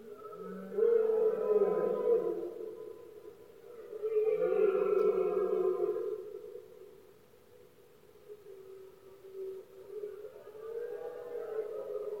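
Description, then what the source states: Red deer bellowing: two powerful, guttural roars a few seconds apart, each lasting about two seconds, followed by quieter, wavering moans. Male stags bellowing during the rut (berrea), at night, in Spain.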